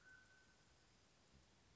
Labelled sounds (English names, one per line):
Mountain Quail